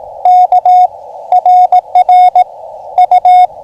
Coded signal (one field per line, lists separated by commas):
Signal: Morse code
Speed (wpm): 21 wpm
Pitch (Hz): 690 Hz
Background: radio noise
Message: K RR U